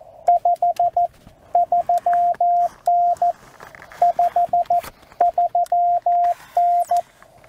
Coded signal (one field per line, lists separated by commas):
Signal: Morse code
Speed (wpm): 14 wpm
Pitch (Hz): 700 Hz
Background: radio noise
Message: 53N 53N